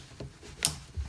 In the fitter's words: and you hear the click